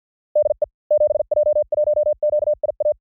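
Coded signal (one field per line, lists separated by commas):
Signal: Morse code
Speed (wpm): 54 wpm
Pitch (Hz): 600 Hz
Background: none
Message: DE 7J1QIA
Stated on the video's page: Random Japanese call signs sent in Morse at speeds from 45 to 55 WPM, 400 calls, for training.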